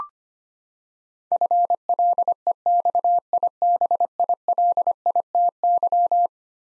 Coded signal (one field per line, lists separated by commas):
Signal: Morse code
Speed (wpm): 25 wpm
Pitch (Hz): 700 Hz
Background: none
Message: FLEXIBILITY